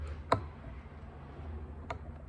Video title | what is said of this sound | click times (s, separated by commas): Mercruiser trim ram rebuild | It does what it says in the tin, just snaps into place. | 0.3 s